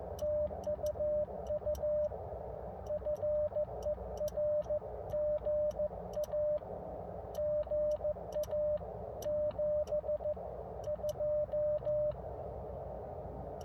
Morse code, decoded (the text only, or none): TU UFER GA GA 72